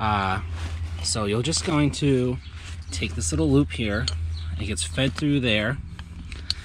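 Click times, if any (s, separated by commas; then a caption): 6.5 s. Someone talks while a harness strap loop is fed through the center buckle of a 4-point harness in a Can-Am Maverick Trail side-by-side, over a steady low hum. Small ticks come near the end, then the buckle latches with a sharp click at 6.5 s, and it is seated.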